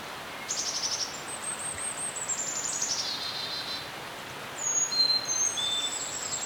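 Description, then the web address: Bird song: high whistled phrases that slide downward through a buzzy trill, followed by crisp, thin, level whistles and chirps over a faint hiss. Birds chirping in a serene forest. "Dr Sound Effects. Birds Chirping In a Serene Forest"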